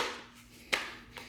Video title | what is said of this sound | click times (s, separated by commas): Sunglife Cordless Hydroshot Pressure Washer - Review ,Setup, Test | is sort of a drill I guess in a sense so just click into place just like so and it's | 0.7 s